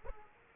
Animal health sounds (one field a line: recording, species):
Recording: mosquito wingbeat signal from an infrared sensor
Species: Aedes aegypti